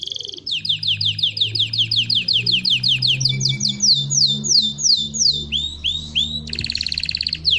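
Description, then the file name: Belgian canary song: rapid repeated high trills, sliding downward notes in steady series, then rising swoops and a buzzy rolled phrase at the end. Copper-coloured Belgian canary singing. "canto do canario belga cobre"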